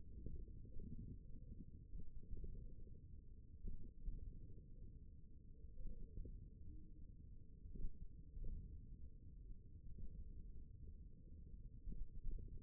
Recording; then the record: forearm muscle sounds (acoustic myography)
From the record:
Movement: hand opening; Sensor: system 1, eight BSWA MPA416 microphones around the upper forearm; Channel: 1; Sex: male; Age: 54 years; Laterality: right